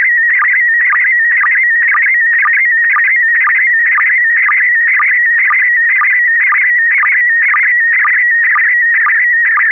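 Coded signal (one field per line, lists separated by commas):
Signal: SSTV (slow-scan television)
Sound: warbling tone around 2 kHz with steady low ticks twice a second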